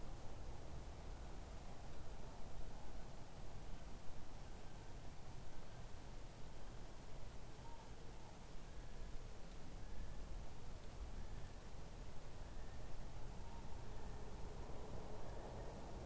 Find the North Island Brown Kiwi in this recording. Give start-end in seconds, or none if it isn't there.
0.87-16.06